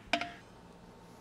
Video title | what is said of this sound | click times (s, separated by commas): BF-47 Bench with Converging Arms: Assembly - Valor Fitness | it also locks into place so as you're in the bench press function | 0.1 s